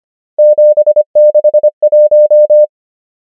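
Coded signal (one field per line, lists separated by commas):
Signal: Morse code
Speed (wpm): 25 wpm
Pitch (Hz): 600 Hz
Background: none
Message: 7 6 1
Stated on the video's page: Morse practice drill of numbers at 25 wpm character speed and 25 wpm word speed.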